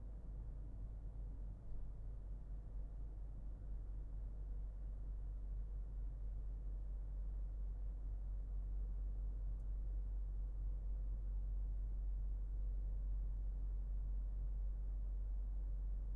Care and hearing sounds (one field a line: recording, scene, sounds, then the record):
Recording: everyday scene through a hearing-aid microphone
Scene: in a vehicle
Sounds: engine, highway driving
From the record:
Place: Berlingo II, diesel engine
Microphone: behind the ear, left, front